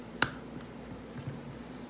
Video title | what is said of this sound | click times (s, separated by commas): 1997 Subaru - How To Fix Broken Power Window Switch | it should just pop open pretty easily you | 0.2 s